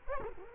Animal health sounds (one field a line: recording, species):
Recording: mosquito wingbeat signal from an infrared sensor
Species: Culex quinquefasciatus